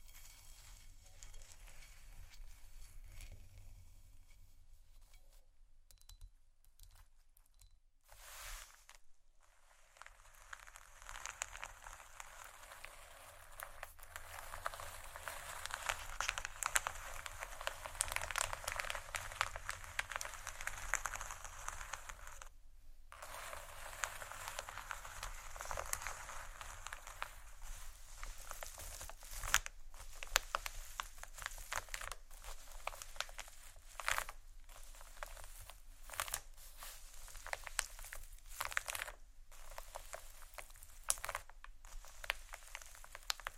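Dense scratching and crinkling on marble and wood fills the clip, a busy, bright texture that thickens after about ten seconds and stays fairly steady. Sharp taps and short gaps break it up irregularly, with several clear pauses near 9, 23 and 29 seconds.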